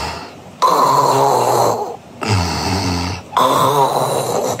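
Three loud, buzzing snores from an adult sleeper in under five seconds, each a rough, fluttering vibration with a steady droning pitch and short quiet gaps between. The flutter fits snoring with the mouth vibrating.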